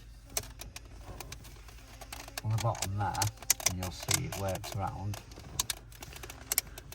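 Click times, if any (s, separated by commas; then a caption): 5.6 s, 5.7 s, 6.5 s, 6.6 s. A plastic interior trim ring is pressed onto the rev counter gauge housing of a MINI R55–R59, starting at the bottom and working around, while someone talks. Light taps and handling noises come first. Sharp snaps follow at 5.6, 5.7, 6.5 and 6.6 seconds as the ring clicks into place and seats.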